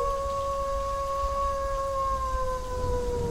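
animal, wolf howling

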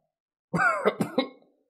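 human body sound, violent dry coughing

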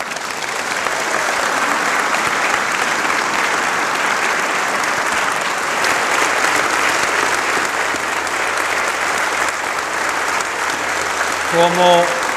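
crowd, audience applause

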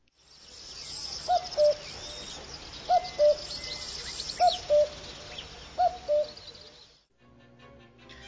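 bird, common cuckoo calling

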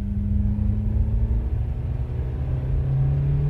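vehicle, car driving off

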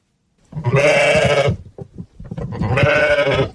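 animal, sheep bleating

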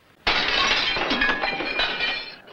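impact, glass shattering

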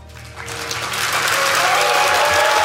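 crowd, thunderous applause

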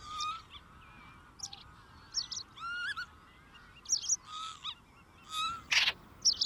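bird, wild geese honking

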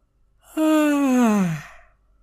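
human body sound, long yawn

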